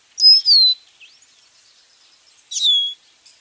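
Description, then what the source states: Lesser Goldfinch giving plaintive, high whistles that slide downward, one at the start and another about two seconds later, with faint soft notes between. Mournful-sounding call, like a tear or crying, used for identification; common backyard bird.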